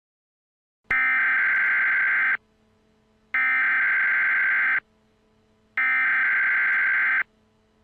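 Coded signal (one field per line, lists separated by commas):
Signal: Emergency Alert System (SAME) tones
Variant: header bursts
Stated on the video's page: Simulated scenario alert for a fictional eruption.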